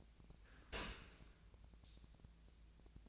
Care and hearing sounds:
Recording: daily activity, microphone in the room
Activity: open dishwasher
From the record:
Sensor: 2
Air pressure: 1000.4 hPa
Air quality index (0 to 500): 164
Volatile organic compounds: 3 ppm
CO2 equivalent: 1365 ppm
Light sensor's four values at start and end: 12/33/13/15 and 12/33/13/15

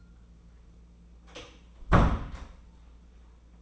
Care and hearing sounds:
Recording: daily activity, microphone in the room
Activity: close door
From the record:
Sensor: 1

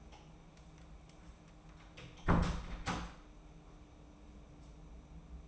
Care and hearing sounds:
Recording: daily activity, microphone in the room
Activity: close door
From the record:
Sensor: 1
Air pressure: 994.4 hPa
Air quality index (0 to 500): 212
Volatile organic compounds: 1000 ppm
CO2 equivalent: 7614 ppm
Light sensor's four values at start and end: 109/249/112/124 and 109/247/111/123

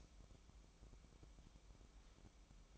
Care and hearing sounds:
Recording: daily activity, microphone in the room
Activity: light on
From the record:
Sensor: 1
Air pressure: 1007.9 hPa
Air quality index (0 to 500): 119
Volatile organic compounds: 2 ppm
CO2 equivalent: 1007 ppm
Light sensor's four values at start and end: 11/27/11/12 and 21/64/26/27

